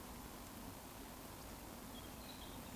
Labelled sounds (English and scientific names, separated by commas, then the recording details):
Eurasian Woodcock (Scolopax rusticola) whistle
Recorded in Baden-Württemberg, Germany, on 12 June 2020 at 20:22 UTC
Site 14569, 102 m above sea level